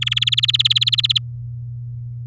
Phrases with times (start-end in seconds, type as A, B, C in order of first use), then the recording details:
0.01-1.18 A. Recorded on 10 May 2018 at 08:08. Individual llb16